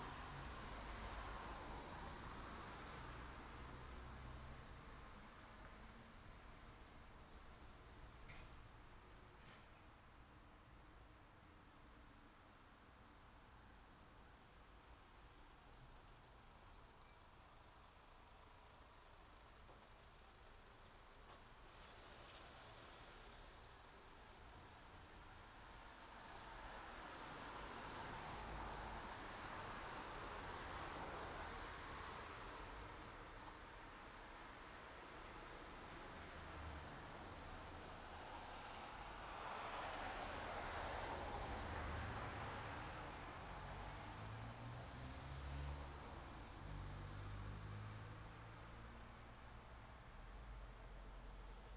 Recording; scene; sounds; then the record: everyday scene through a hearing-aid microphone; in traffic; traffic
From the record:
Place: city secondary road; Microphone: in the ear canal, right